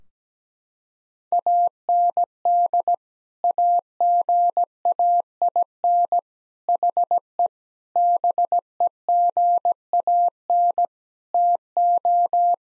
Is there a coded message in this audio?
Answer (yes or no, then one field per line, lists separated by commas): yes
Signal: Morse code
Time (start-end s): 1.3-12.5 s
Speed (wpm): 17 wpm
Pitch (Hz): 700 Hz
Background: none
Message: AND AGAIN HE BEGAN TO